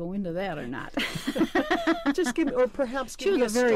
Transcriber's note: laughs